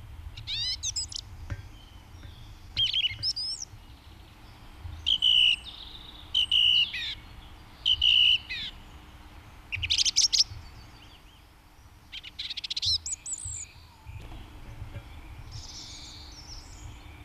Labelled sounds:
Song Thrush (Turdus philomelos) song

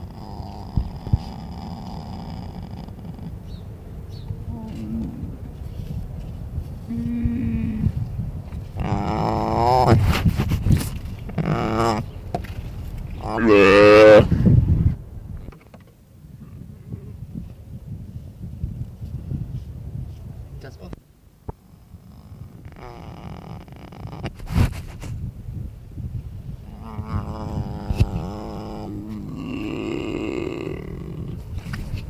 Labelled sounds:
Mule Deer (Odocoileus hemionus) call

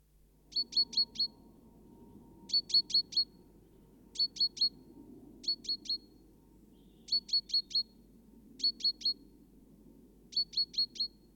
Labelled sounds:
Great Tit (Parus major) call

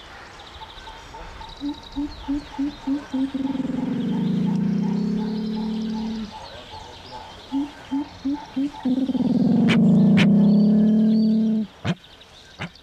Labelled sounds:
Pale-winged Trumpeter (Psophia leucoptera) call

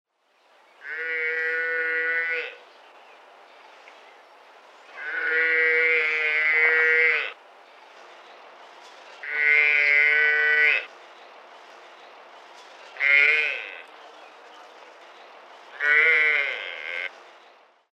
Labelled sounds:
Water Buffalo (Bubalus bubalis)

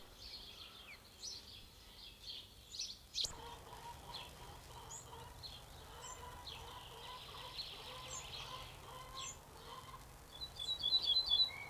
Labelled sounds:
Ortolan Bunting (Emberiza hortulana)

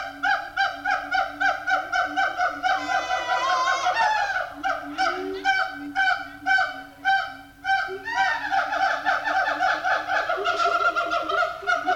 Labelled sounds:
Siamang (Symphalangus syndactylus)

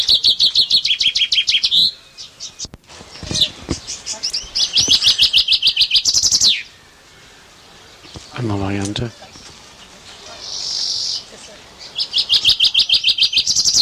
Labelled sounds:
Common Chaffinch (Fringilla coelebs) song

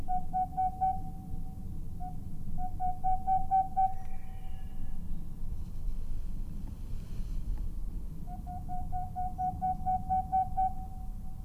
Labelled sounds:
Boreal Owl (Aegolius funereus)

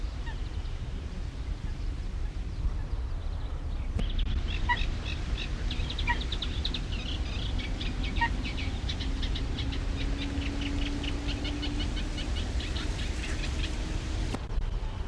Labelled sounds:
Great Reed Warbler (Acrocephalus arundinaceus)

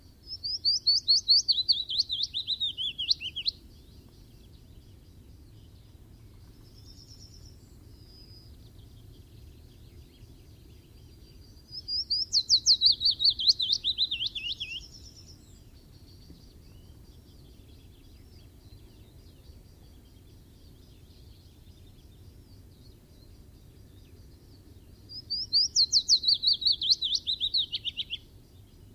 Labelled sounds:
Willow Warbler (Phylloscopus trochilus) song

